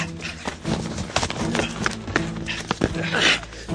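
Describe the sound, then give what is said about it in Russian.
Heavy, ragged panting after a run, quick loud breaths coming in uneven bursts over a steady rustling, scuffing background, with no words spoken. “Ты что, распыхтелся?”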